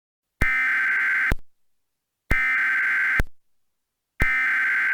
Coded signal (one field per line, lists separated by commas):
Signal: Emergency Alert System (SAME) tones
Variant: header bursts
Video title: EAS Scenario - Charleston Chaos